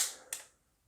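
A folding arm on a plastic Xiaomi Fimi X8 SE 4K drone is unfolded against its spring-loaded mechanism. A sharp, bright click at 0.3 s follows a fading rush of motion noise. The arm pops into its open position and seats.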